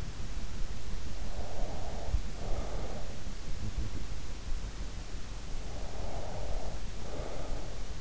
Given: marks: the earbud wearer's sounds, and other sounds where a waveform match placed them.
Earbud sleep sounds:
sounds in sleep by an in-ear microphone; breath
1.01-3.25 s: breath
5.77-8.01 s: breath

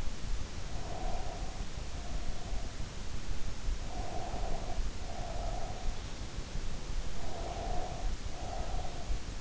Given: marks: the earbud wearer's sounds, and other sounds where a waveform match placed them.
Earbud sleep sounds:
sounds in sleep by an in-ear microphone; breath
0.63-2.50 s: breath
3.74-6.13 s: breath
7.17-9.41 s: breath

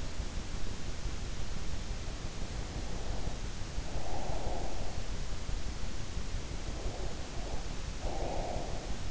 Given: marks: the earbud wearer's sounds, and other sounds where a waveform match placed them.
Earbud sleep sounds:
sounds in sleep by an in-ear microphone; breath
2.33-5.12 s: breath
6.68-9.11 s: breath

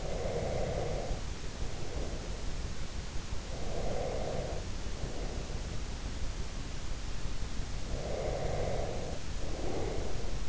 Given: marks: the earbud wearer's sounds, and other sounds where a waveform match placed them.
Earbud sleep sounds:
sounds in sleep by an in-ear microphone; breath
0.00-2.34 s: breath
3.45-5.59 s: breath
7.77-10.48 s: breath

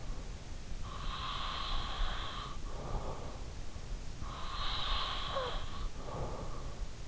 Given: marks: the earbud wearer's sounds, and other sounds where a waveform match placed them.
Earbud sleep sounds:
sounds in sleep by an in-ear microphone; breath
0.77-3.46 s: breath
4.20-6.66 s: breath

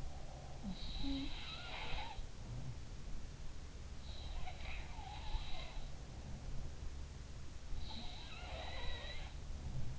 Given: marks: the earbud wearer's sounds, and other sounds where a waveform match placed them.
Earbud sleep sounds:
sounds in sleep by an in-ear microphone; breath
0.00-0.91 s: breath
0.45-3.08 s: sound from someone else or the room
4.06-6.89 s: sound from someone else or the room
7.63-9.99 s: sound from someone else or the room

